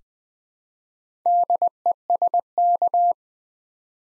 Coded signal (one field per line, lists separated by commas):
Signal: Morse code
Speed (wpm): 20 wpm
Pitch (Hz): 700 Hz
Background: none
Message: DESK